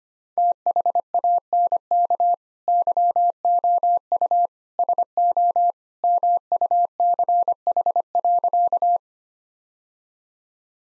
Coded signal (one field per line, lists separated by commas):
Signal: Morse code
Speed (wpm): 25 wpm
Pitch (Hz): 700 Hz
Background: none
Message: THANK YOU SO MUCH.